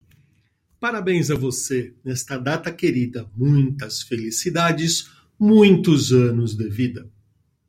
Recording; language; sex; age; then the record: short text; Brazilian Portuguese; male; 60 to 69 years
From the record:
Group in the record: control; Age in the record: 60 years